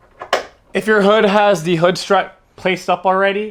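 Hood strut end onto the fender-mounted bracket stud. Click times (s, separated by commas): 0.3 s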